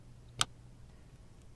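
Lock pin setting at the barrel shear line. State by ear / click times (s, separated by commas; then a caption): seated / 0.4 s. With steady tension held on the lever and two bobby pins, the seized third pin in a combination or pin lock is slowly pushed upward until its split lines up with the barrel edge. A single sharp click at 0.4 s marks the barrel rotating forward very slightly and the pin setting at the shear line, followed by a much fainter tick at 1.4 s over a quiet low hum.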